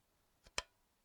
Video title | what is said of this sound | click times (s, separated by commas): I Buy Used Astro Cameras, all the time — Here’s My Scam Check - QHY Minicam 8 | A nice click. | 0.6 s